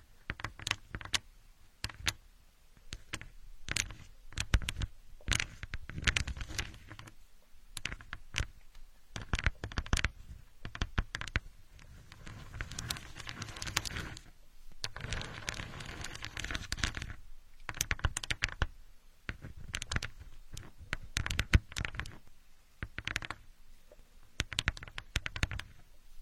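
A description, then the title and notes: Building blocks clack and tap as someone plays with them, a steady run of sharp, bright knocks that come in quick clusters with short pauses between. Around the middle, several seconds of rustling and scraping fill in, as if blocks are being shuffled together. Asmr, playing with building blocks.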